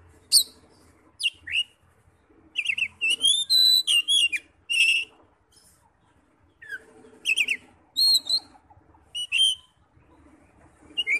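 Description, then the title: Oriental magpie-robin song: clear whistled notes and sweeping slurs in short bursts separated by pauses, with faint low chatter in the background. "Kacer"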